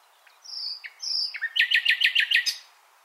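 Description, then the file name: Common nightingale song: two sustained pure whistles, then a fast series of about seven repeated, sharply modulated notes. "Luscinia megarhynchos"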